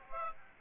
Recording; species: mosquito wingbeat signal from an infrared sensor; Aedes aegypti